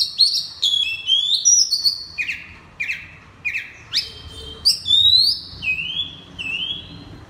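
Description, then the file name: Oriental magpie-robin song: loud descending whistles repeated in rhythmic phrases, followed by softer gliding notes. Oriental magpie-robin (kacer) singing loudly in ngeplong style. "suara kacer ngeplong keras"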